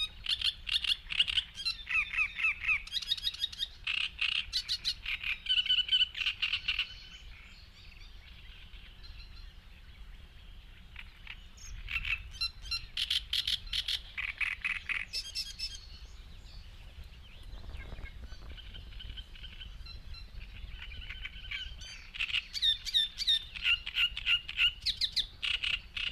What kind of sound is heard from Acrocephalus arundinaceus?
song